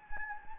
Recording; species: mosquito wingbeat signal from an infrared sensor; Anopheles gambiae